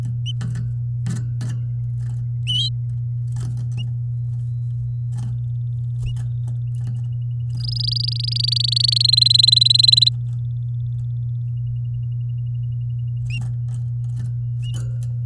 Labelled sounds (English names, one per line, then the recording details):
Domestic Canary song
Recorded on 8 May 2018 at 13:02
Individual llb16